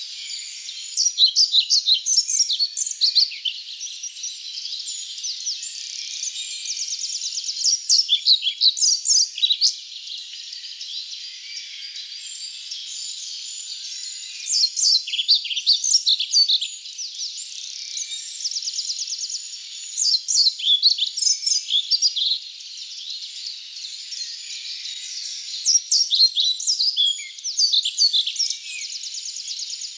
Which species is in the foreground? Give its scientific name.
Ficedula hypoleuca